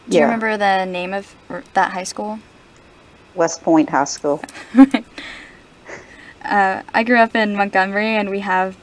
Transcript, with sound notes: Do you remember the name of that high school?
West Point High School.
[Interviewer and interviewee laughter] I grew up in Montgomery, and we have